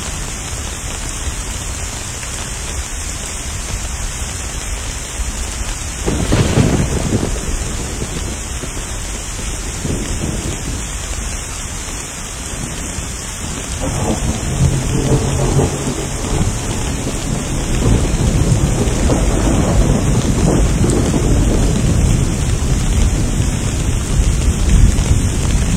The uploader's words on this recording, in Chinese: 送你一场雨（3D雷雨）。